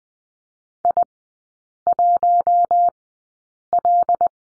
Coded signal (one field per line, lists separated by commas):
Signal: Morse code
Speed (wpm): 20 wpm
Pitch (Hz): 700 Hz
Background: none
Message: I1L